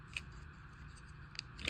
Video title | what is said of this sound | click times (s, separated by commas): TRANSFORMERS - AotP Sureshot w/ Spolisport | snap into place like that. | 1.4 s